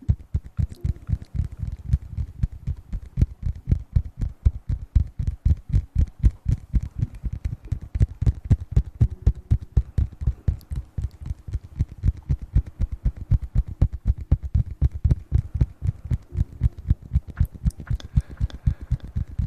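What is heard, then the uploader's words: Mouth sounds made close to the mouth: a rapid, steady string of low, thumping pops, about four or five each second, running the whole time. Each pop has a sharp clicky edge, and a faint low hum drifts underneath. Sounds close to the mouth!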